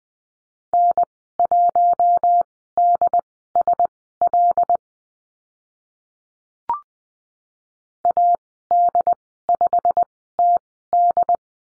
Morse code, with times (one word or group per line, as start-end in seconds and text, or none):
0.7-4.8 N1DSL
8.1-11.4 AD5TD